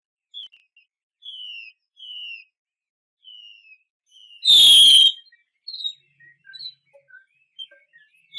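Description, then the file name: Chinese hwamei song: soft, falling whistled notes, one strong loud note midway, then scattered quiet chirps. Female bird; 'mái xùy' call type. "Tieng chim hoa mi mai xuy"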